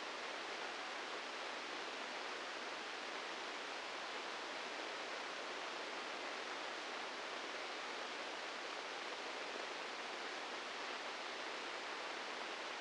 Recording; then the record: brain microelectrode recording played as sound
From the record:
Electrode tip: inside the subthalamic nucleus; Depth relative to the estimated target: -3 mm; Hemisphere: right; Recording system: NeuroSet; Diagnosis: Parkinson's disease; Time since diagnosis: 15 years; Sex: female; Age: 59 years